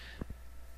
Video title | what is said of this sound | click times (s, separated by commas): Thule Tram 9033 Ski Racks Snowboard Carriers for Trailer Hitch Bike Racks | to secure your skis close the top mounting arm until you hear a click then | 0.2 s